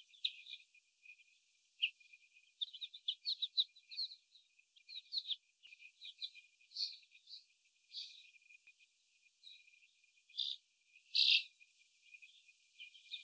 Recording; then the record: young laying hens in a cage, short pieces joined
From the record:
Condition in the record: before the stressor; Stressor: sudden umbrella opening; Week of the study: 1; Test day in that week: 1